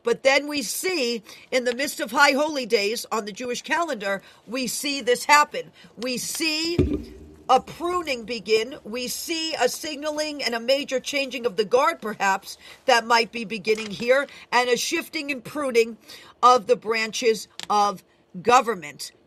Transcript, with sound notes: But then we see, in the midst of high holy days on the Jewish calendar, we see this happen. We see..
(thumping sound)
... a pruning begin, we see a signaling and a major changing of the guard perhaps that might be beginning here, and a shifting and pruning of the branches of government.